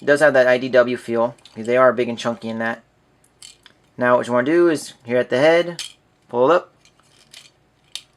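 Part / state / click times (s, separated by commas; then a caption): figure's head into its neck joint / seated / 8.0 s. Someone talks while transforming a plastic Transformers Generations Deluxe Trailcutter action figure, with soft plastic clicks and handling sounds in the pauses. The figure's head is pulled up on its neck joint and clicks into place at 7.9 s with a sharp, loud snap, locking it.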